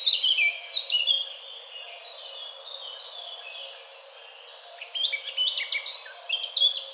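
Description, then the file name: Eurasian blackcap song: a burst of loud varied warbling, a quieter stretch of soft notes, then another loud warbled phrase. "Sylvia atricapilla"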